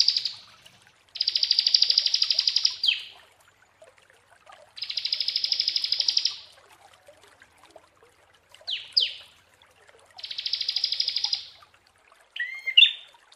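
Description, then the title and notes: Prinia giving three separate bursts of fast, buzzy repeated notes, each lasting one to two seconds, with a few brief sharp chirps later. Prenjak song used as masteran (tutor) training audio for birds, described as therapy. "Masteran Terapi Prenjak Durasi Panjang. Burung Prenjak"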